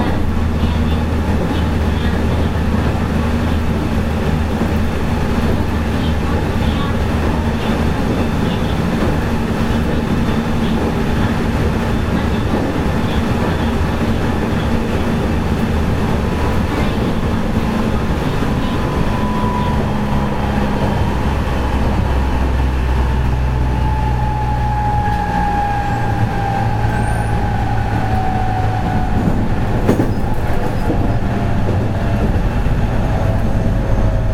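Steady rumble of a commuter electric train running, with low motor drone and a whine falling in pitch, plus a sharp clack near thirty seconds.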